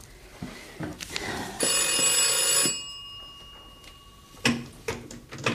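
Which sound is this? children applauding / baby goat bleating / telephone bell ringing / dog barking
telephone bell ringing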